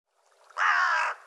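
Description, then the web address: Bird giving a single harsh caw lasting about half a second. "cianscape birddata Deverinetal 2025"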